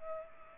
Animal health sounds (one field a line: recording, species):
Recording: mosquito wingbeat signal from an infrared sensor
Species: Culex pipiens